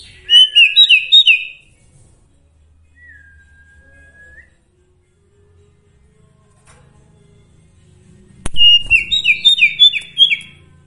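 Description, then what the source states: Sooty-headed bulbul song: quick bursts of bright chirpy notes at the start and again near the end, with a short flat whistle between and a sharp click before the second burst. Training song (masteran) with full variations.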